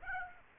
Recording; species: mosquito wingbeat signal from an infrared sensor; Aedes aegypti